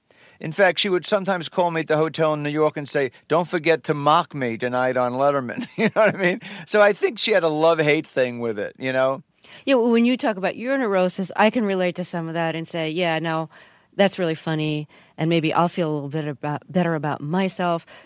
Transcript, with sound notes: In fact, she would sometimes call me at the hotel in New York and say, don't forget to mock me tonight on Letterman, (laughter) you know what I mean? So I think she had a love-hate thing with it, you know?
Yeah, when you talk about your neurosis, I can relate to some of that and say, yeah, now, that's really funny. And maybe I'll feel a little better about myself.